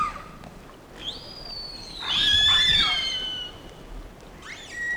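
Whale whistle: a rising sweep, then a long high tone gently falling for several seconds, ending with a short squeal.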